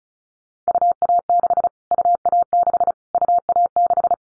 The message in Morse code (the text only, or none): UA6 UA6 UA6